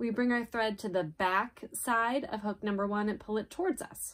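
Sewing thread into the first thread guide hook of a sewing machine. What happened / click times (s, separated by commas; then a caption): Thread handled near a guide hook, not yet clicked in / none. Sewing thread, held taut like floss, is brought to the back side of the first metal thread guide hook on a sewing machine and pulled toward the person threading it while someone talks throughout. Nothing has clicked into the hook yet when the clip ends.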